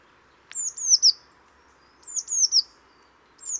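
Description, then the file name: Eurasian blue tit call: two bursts of three bright, high down-slurred notes, then the start of another burst. "Cyanistes caeruleus"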